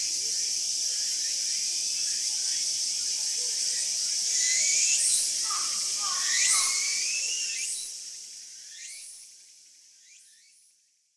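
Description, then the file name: Walker's cicada chorus, a dense shrill high buzzing throughout, with rising warbled phrases standing out midway, then the sound thins and fades away near the end. Several cicadas in Kyoto. "Tsukutsukuboshi Cicadas Kyoto"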